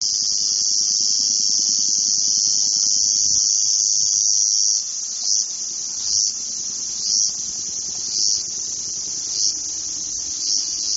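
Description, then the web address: Ezo cicada singing a steady, high, shrill buzz for about five seconds, then breaking into a pulsing drone that swells roughly once a second. "ezozemi"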